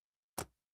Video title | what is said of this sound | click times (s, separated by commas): "Crossdeck" Episode 86 - Arcade Shuffle/X-Men GRS Build-A-Cade Build | Looks different. Oh, there it is. Okay. Snaps right into place right there. | 0.4 s